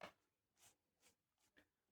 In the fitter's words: then you just need to push with your thumb and up, and then you'll hear it kind of click into place.